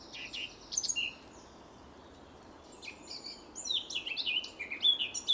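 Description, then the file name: Eurasian blackcap song: brief high twittering notes, a pause, then a lively warble of sharp whistled notes, over low background noise. "Sylvia atricapilla"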